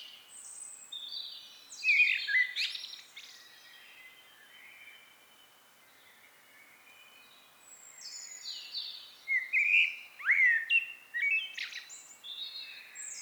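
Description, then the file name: Common blackbird singing two phrases of mellow, fluted whistles mixed with squeaky high twitters, around two and ten seconds, with a quiet pause between. "Turdus merula"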